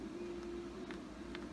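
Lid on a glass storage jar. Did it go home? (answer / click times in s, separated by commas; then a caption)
no / none. A lid is handled on a glass storage jar being filled with pipe tobacco, over a steady low hum. Two brief, faint taps are heard at about 0.9 and 1.4 seconds, but nothing has seated or sealed yet.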